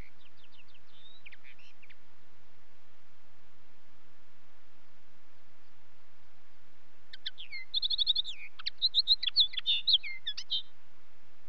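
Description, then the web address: Common linnet: a few soft chirps at first, then after a long quiet gap a lively three-second run of high twitters, short trills and slurred notes. "BBC Sound Effects Library - Birds Linnet"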